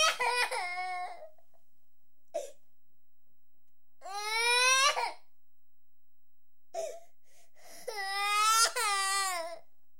Babies And Children. 4 Year Old Baby Crying.